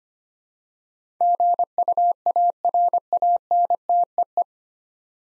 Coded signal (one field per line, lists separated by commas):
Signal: Morse code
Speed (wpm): 25 wpm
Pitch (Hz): 700 Hz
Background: none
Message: GUARANTEE